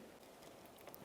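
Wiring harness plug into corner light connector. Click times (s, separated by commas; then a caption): 0.9 s. The wiring harness plug is pushed onto the new corner light bulb socket connector on a 1999-2008 Toyota Solara, giving a faint, sharp click at 0.9 s. The plug latches and is seated securely.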